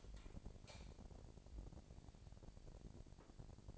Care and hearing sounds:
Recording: daily activity, microphone in the room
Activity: light on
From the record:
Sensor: 5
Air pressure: 1012.1 hPa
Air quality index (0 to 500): 248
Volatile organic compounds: 4 ppm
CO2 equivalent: 1659 ppm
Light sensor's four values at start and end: 39/91/38/40 and 40/94/39/41

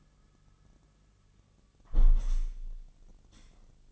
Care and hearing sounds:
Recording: daily activity, microphone in the room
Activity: close window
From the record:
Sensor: 4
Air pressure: 1001.1 hPa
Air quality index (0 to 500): 173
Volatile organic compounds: 2 ppm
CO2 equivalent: 1240 ppm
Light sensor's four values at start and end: 12/28/11/12 and 12/28/11/12

